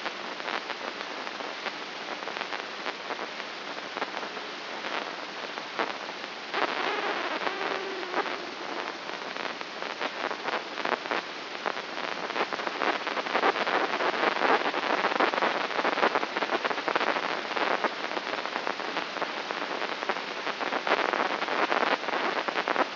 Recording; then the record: brain microelectrode recording played as sound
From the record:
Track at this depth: outside the subthalamic nucleus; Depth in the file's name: 6.629 mm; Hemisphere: left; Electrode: 3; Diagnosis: Parkinson's disease